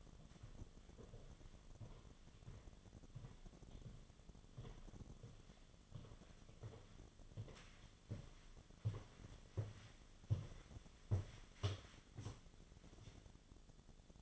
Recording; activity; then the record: daily activity, microphone in the room; walk to room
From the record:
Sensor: 4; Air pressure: 1011.0 hPa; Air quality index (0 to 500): 161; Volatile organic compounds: 4 ppm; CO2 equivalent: 1640 ppm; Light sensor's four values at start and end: 45/127/51/53 and 41/115/47/48